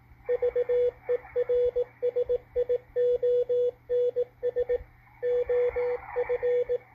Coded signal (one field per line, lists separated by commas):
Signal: Morse code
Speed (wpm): 18 wpm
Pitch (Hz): 490 Hz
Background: radio noise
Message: VERSIONS OF